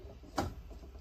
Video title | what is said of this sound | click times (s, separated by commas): How To Install Perspex in your Hide & Seek Kids Cubby House | I'm then going to slowly slide it up until I feel it click in. | 0.4 s